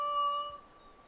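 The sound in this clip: Kōkako call: one steady, pure organ-like tone held for about half a second with clear harmonics, then fading.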